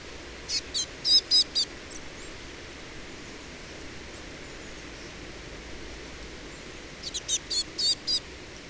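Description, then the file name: Eurasian blue tit call notes: a cluster of five sharp high chips at the start and another cluster near the end, with a thin, very high whistle drawn out between them. "Cyanistes caeruleus"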